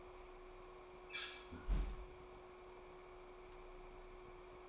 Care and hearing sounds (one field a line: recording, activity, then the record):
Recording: daily activity, microphone in the room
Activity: close fridge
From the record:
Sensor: 1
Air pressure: 1004.6 hPa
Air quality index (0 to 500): 192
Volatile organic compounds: 16 ppm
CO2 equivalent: 2545 ppm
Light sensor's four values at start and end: 5/11/4/4 and 5/11/4/4